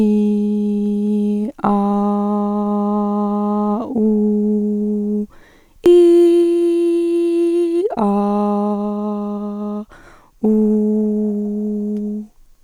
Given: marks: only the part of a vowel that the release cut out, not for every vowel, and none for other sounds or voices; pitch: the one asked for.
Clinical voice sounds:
sustained vowels; female; 30 to 39 years; 0; 0; 0
0.00-1.38 s: vowel /i/, normal pitch
1.76-3.68 s: vowel /a/, normal pitch
4.04-5.17 s: vowel /u/, normal pitch
5.94-7.74 s: vowel /i/, high pitch
8.07-9.74 s: vowel /a/, high pitch
10.52-12.09 s: vowel /u/, high pitch
From the record:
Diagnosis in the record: hyperfunctional dysphonia, dysodia (singing voice disorder); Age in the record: 38 years

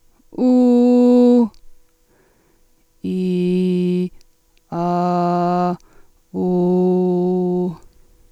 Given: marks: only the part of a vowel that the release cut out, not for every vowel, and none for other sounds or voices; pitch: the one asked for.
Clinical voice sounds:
sustained vowels; female; 40 to 49 years; 2; 2; 0
0.48-1.05 s: vowel /u/, high pitch
3.43-3.97 s: vowel /i/, low pitch
4.87-5.64 s: vowel /a/, low pitch
6.70-7.51 s: vowel /u/, low pitch
From the record:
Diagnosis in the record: superior laryngeal nerve lesion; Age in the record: 44 years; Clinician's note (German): Verdacht auf Diagnose

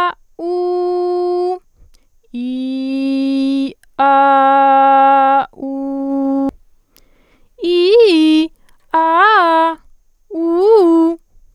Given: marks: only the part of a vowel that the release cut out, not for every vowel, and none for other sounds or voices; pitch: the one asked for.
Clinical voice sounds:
sustained vowels; female; 20 to 29 years; 0; 0; 0
0.49-1.47 s: vowel /u/, high pitch
2.47-3.57 s: vowel /i/, low pitch
4.10-5.29 s: vowel /a/, low pitch
5.73-6.39 s: vowel /u/, low pitch
7.69-8.39 s: vowel /i/, low-high-low pitch
8.99-9.66 s: vowel /a/, low-high-low pitch
10.40-11.09 s: vowel /u/, low-high-low pitch
From the record:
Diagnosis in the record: healthy voice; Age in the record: 21 years

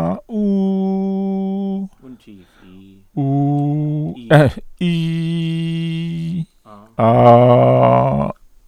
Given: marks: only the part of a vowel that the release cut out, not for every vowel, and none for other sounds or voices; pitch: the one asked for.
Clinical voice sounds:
sustained vowels; male; 60 to 69 years; 2; 2; 1
0.42-1.74 s: vowel /u/, high pitch
4.94-6.31 s: vowel /i/, low pitch
7.37-8.15 s: vowel /a/, low pitch
From the record:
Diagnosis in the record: intubation granuloma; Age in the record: 65 years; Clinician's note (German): Klein, hinteres Drittel links, Stimmlippen soweit o.k.

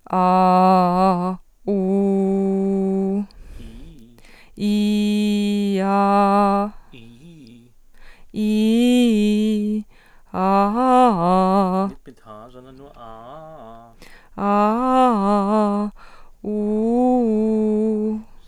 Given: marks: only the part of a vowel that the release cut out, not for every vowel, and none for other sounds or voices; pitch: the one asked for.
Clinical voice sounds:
sustained vowels; female; 20 to 29 years; 0; 0; 0
0.23-1.16 s: vowel /a/, low pitch
1.87-3.09 s: vowel /u/, low pitch
8.48-9.56 s: vowel /i/, low-high-low pitch
14.57-15.65 s: vowel /a/, low-high-low pitch
16.66-17.91 s: vowel /u/, low-high-low pitch
From the record:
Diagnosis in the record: healthy voice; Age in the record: 21 years

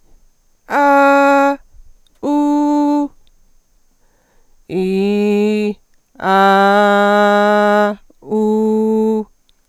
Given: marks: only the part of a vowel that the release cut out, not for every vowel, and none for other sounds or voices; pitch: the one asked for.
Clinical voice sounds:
sustained vowels; female; 40 to 49 years; 1; 1; 0
0.77-1.49 s: vowel /a/, high pitch
2.30-3.01 s: vowel /u/, high pitch
4.77-5.63 s: vowel /i/, low pitch
6.60-7.81 s: vowel /a/, low pitch
8.38-9.15 s: vowel /u/, low pitch
From the record:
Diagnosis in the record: recurrent laryngeal nerve paralysis, Reinke's edema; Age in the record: 45 years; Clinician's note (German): Links mit Kompensation; Reinke-Ödem beidseitig, relativ ausgeprägt

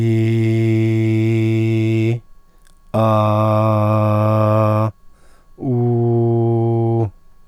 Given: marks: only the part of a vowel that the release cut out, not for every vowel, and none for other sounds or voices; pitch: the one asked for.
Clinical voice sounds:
sustained vowels; male; 40 to 49 years; 0; 0; 0
0.00-1.94 s: vowel /i/, normal pitch
3.17-4.67 s: vowel /a/, normal pitch
5.75-6.93 s: vowel /u/, normal pitch
From the record:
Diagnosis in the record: healthy voice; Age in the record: 40 years

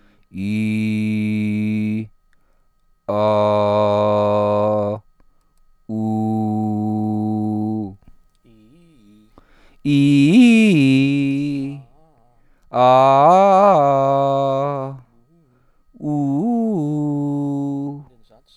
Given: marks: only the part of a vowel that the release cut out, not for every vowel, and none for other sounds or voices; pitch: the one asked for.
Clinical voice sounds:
sustained vowels; male; 30 to 39 years; 0; 0; 0
0.48-1.92 s: vowel /i/, low pitch
3.22-4.83 s: vowel /a/, low pitch
6.01-7.72 s: vowel /u/, low pitch
9.94-11.52 s: vowel /i/, low-high-low pitch
12.91-14.65 s: vowel /a/, low-high-low pitch
16.14-17.77 s: vowel /u/, low-high-low pitch
From the record:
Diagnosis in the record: healthy voice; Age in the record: 36 years

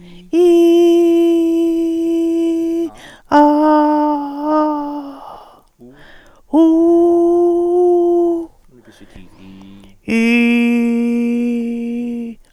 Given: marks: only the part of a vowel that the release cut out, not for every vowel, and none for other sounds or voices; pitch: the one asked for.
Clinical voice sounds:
sustained vowels; female; 60 to 69 years; 2; 0; 0
0.44-1.24 s: vowel /i/, high pitch
3.42-4.06 s: vowel /a/, high pitch
6.73-7.73 s: vowel /u/, high pitch
10.31-11.92 s: vowel /i/, low pitch
From the record:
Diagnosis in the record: recurrent laryngeal nerve paralysis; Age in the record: 61 years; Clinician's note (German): Fast paramedian, gute phonatorische Kompensation

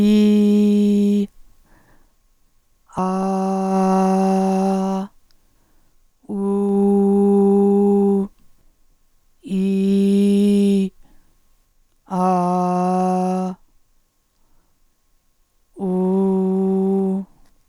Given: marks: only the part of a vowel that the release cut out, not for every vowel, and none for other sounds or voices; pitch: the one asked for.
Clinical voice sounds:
sustained vowels; female; 50 to 59 years; 2; 2; 2
0.00-1.19 s: vowel /i/, normal pitch
3.04-4.96 s: vowel /a/, normal pitch
6.39-8.16 s: vowel /u/, normal pitch
9.56-10.82 s: vowel /i/, high pitch
12.18-13.44 s: vowel /a/, high pitch
15.87-17.12 s: vowel /u/, high pitch
From the record:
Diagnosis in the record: recurrent laryngeal nerve paralysis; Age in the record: 56 years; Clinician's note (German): Kompensiert in Intermediärstellung, z.T. hyperfunkt. supraglott. Eineingung

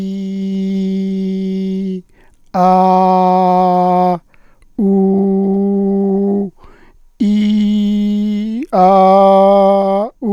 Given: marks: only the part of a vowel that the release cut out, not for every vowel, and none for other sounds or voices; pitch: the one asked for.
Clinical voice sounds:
sustained vowels; male; 50 to 59 years; 0; 0; 0
0.00-1.85 s: vowel /i/, normal pitch
2.67-4.06 s: vowel /a/, normal pitch
4.89-6.32 s: vowel /u/, normal pitch
7.28-8.53 s: vowel /i/, high pitch
9.24-9.94 s: vowel /a/, high pitch
From the record:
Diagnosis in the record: functional dysphonia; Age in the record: 59 years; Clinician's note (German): Internusschwäche mit psychischer Komponente, auffällige Asymmetrie, re deutlich kürzer li

